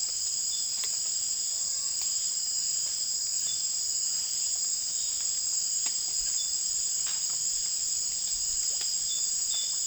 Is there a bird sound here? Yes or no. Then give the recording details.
no. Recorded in secondary vegetation near Puerto Asís, Putumayo, Colombia, on 30 June 2025 at 18:00. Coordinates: 0.498, -76.327. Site GP09